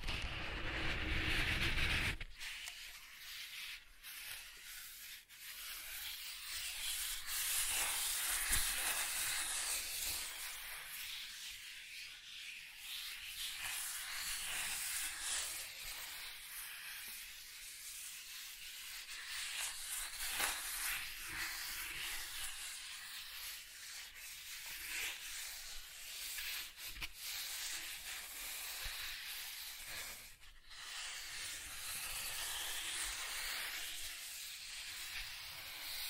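Soft tracing across a surface makes a continuous airy hiss, bright and steady with gentle swells in intensity as strokes lengthen and fade. The first two seconds are fuller and louder, then the sound thins to a light, grainy rubbing with occasional brief ticks.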